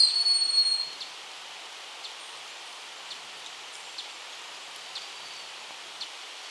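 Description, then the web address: Broad-winged hawk call: a high, thin whistle in the first second, then quiet hiss with soft ticks about once a second. Ecuador. "Birds of Ecuador. Broad-winged Hawk"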